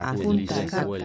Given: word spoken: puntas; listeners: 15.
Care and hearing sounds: one Spanish word in noise, from a listening test; four-talker babble; 1.0 dB; 2 of 15; 8 of 15; 0.65 s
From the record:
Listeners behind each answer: 8, 3, 2, 1, 1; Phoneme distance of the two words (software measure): 7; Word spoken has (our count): 2 syllables, 6 phonemes, stress on syllable 1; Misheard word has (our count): 3 syllables, 7 phonemes, stress on syllable 2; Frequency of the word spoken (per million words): 10.66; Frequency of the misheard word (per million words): 0.13

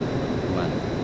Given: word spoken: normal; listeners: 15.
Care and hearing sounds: one Spanish word in noise, from a listening test; speech-shaped noise; -5.3 dB; 1 of 15; 7 of 15; 0.64 s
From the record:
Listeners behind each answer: 7, 3, 1, 1, 1, 1, 1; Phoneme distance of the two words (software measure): 38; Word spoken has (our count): 2 syllables, 6 phonemes, stress on syllable 2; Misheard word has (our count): 2 syllables, 4 phonemes, stress on syllable 1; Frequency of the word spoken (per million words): 80.55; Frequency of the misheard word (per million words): 305.83

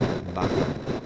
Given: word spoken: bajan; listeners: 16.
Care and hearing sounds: one Spanish word in noise, from a listening test; noise modulated by three-talker babble; -6.6 dB; 3 of 16; 7 of 16; 0.66 s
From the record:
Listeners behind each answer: 7, 3, 2, 1, 1, 1, 1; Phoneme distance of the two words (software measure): 7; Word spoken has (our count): 2 syllables, 5 phonemes, stress on syllable 1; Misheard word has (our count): 2 syllables, 4 phonemes, stress on syllable 1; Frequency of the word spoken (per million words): 6.75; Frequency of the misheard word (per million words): 121.54

